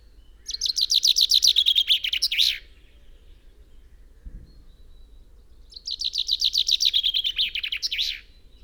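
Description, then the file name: Common chaffinch song, two full phrases a few seconds apart, each a rapid series of chipping notes falling in pitch and ending in a flourish, over a low hum. "Fringilla coelebs"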